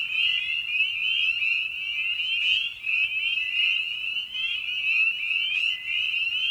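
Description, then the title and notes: Spring peeper chorus, a dense wall of high, upslurred peeps overlapping continuously. Evening at a frog pond. "Night of the Peepers. Species in Focus: Spring Peeper (Pseudacris crucifer). Ian Carlsen"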